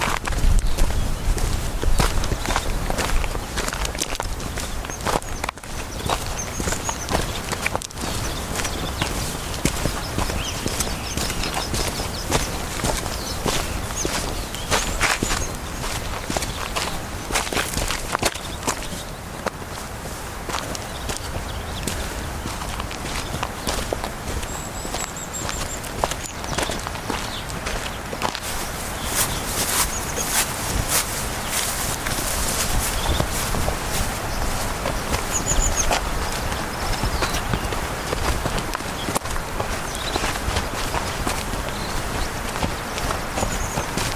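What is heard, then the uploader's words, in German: Footsteps on soft forest ground and crunching pebbles, a hiking walk in the Allgäu. The steps come steadily and evenly throughout, each a dry crunch, with brief bright chirps of birds above and a low rumble in the first few seconds. Am Breitenberg im Allgäu erklimmt die Sonne hinter den Gipfeln den Himmel. Deine Schritte auf dem weichen Waldboden und das Knirschen der Kiesel unter deinen Füßen.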